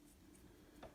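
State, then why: Not seated. A plastic side frame is handled against the truck of an N scale Reading SD45 model locomotive during cleaning, making faint ticking and scraping sounds. A slightly louder tick comes at about 0.8 s. The side frame has not snapped home yet, and nothing has seated or clicked.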